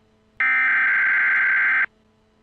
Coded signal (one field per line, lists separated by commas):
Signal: Emergency Alert System (SAME) tones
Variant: header bursts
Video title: EAS Scenario: Power Plant Disaster